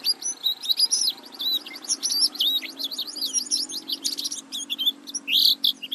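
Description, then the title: Oriental white-eye song, a fast jumble of thin high chirps and warbles over a low steady hum. "Pleci"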